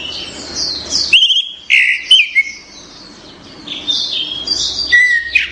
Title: Anis Merah